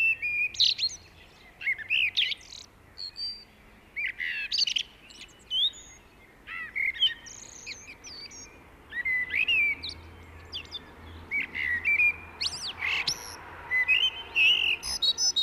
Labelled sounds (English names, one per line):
Common Blackbird song